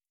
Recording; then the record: hydrophone in a shrimp aquaculture tank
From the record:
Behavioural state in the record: starved